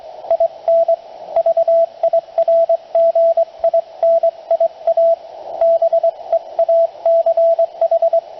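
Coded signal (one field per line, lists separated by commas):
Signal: Morse code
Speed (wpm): 22 wpm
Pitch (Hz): 670 Hz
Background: radio noise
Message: IN VIRGINIA BEACH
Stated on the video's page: Morse from a 40 meter QCX kit transceiver on AA batteries into an end-fed half-wave wire in half-square geometry.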